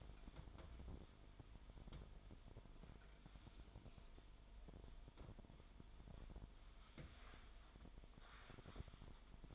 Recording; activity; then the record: daily activity, microphone in the room; wipe stove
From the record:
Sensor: 5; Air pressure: 1003.3 hPa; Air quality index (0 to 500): 140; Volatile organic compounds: 2 ppm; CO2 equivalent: 1022 ppm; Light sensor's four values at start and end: 37/83/37/43 and 39/86/39/45